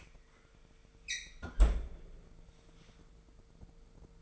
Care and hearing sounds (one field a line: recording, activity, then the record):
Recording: daily activity, microphone in the room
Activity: close fridge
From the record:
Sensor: 5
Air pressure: 1015.0 hPa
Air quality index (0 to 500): 182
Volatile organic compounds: 7 ppm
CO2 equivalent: 1994 ppm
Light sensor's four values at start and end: 87/203/89/99 and 85/195/86/97